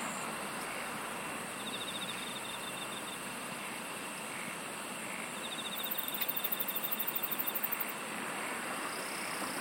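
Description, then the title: Insects chirping: pulsed trills in short runs, and a burst of fast, very high pulsing in the second half, all over steady drone and hiss. "SINGING OF INSECTS"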